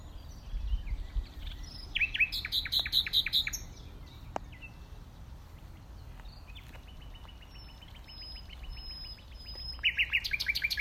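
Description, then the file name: Common nightingale singing in bursts: quick repeated notes, a pure drawn-out whistle, then another fast stuttering phrase at the end. "Luscinia megarhynchos"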